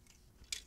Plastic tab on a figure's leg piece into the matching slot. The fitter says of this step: and tab them together you'll hear a little snap